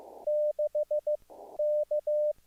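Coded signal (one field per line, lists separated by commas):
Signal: Morse code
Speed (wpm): 15 wpm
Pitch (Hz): 600 Hz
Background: none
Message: 6 K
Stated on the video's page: Signals on a zBitX, a 5-watt pocket HF SDR radio covering 80 to 10 m, with internal FT8 and CW.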